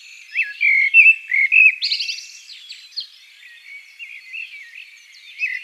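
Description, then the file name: Eurasian blackbird delivering a short fluty warble with a sharp twittered ending, then soft faint chirps. "Turdus merula"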